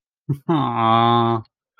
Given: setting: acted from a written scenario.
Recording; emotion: vocal sound without words; adoration